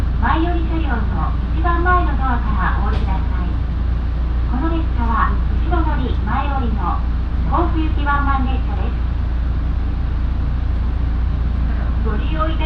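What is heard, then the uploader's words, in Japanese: A local train on the Minobu Line, riding from Minobu toward Ichikawa-Daimon. A steady low rumble and hum run unchanged throughout, while a voice talks in phrases over it for the first nine seconds or so, after which only the running noise remains. 耳で楽しむ鉄道旅 身延線普通 身延→市川大門。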